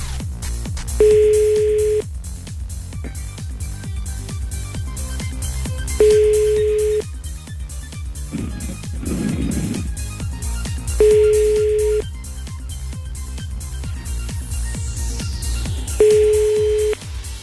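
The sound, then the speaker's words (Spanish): A telephone ringback tone for an unanswered call that goes to voicemail repeats four times at steady five-second intervals, each a sustained mid-pitched beep lasting about a second, over a continuous rhythmic background of music. “Buzón de voz. La llamada se cobrará al terminar los tonos siguientes. Ahora no contesta.”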